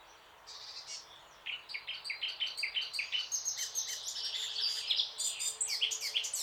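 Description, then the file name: Eurasian blackcap giving a sustained, rapid warble of varied chirpy notes that grows louder and busier toward the end. "Sylvia atricapilla"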